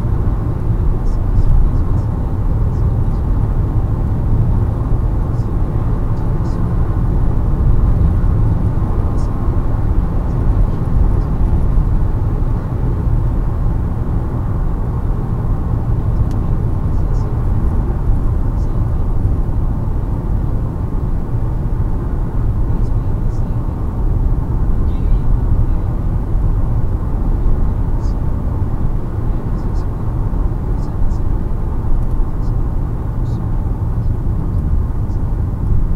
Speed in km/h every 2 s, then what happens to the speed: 130, 131, 134, 137, 139, 137, 132, 128, 128, 123, 121, 122, 124, 126, 126, 124, 119, 115.
0-9 speeds up to 139. 9-20 slows to 121. 20-28 steady at about 124. 28-36 slows to 115.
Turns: none.